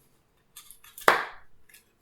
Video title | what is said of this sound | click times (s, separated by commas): Mini Storage Box Part 2 | you hear that lovely clicking sound that we like from a good joint | 1.1 s